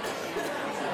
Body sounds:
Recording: coughing mixed with background sound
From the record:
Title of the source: 30 Chesty and wet cough

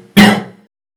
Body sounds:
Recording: coughing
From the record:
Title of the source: Man Coughing Sound - Wet Cough Sound Effect

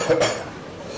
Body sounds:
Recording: coughing mixed with background sound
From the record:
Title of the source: Cough Around the Clock!

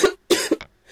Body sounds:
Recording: coughing mixed with background sound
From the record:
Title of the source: 55 gaggy wet cough

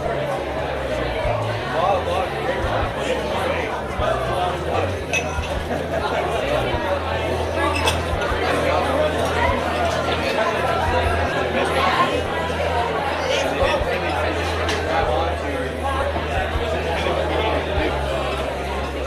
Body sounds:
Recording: background sound without coughing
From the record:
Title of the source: CITY SOUNDS Busy Bar in the Evening Night - 2 HOURS of Ambiance for Relaxation

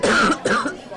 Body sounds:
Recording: coughing mixed with background sound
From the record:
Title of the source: female coughing - coughing sound effects girl

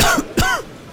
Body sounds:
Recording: coughing mixed with background sound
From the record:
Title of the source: Coughing 51

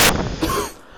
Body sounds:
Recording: coughing mixed with background sound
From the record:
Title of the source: 31 night wet cough

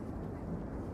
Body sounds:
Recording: background sound without coughing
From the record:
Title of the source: Train Ride Ambience ambient white noise for sleeping, focus, studying, reading

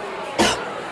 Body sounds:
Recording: coughing mixed with background sound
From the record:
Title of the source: 61 morning phlegmy cough...again

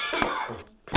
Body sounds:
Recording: coughing mixed with background sound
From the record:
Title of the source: Spring Cold Coughing 2

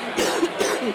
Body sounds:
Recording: coughing mixed with background sound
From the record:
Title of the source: 60 coughing still (deep and wet cough)

